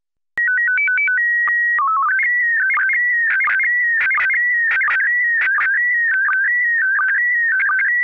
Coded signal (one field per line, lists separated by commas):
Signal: SSTV (slow-scan television)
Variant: PD 90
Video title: Daily Minutes, March 30, 2019. (including Slow Scan Radio of the same date)